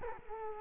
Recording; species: mosquito wingbeat signal from an infrared sensor; Culex quinquefasciatus